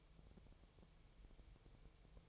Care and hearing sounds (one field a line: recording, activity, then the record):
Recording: daily activity, microphone in the room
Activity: take from stove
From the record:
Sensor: 1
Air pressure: 999.3 hPa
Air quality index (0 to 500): 203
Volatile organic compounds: 44 ppm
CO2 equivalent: 3214 ppm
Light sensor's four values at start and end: 9/22/8/9 and 9/21/8/9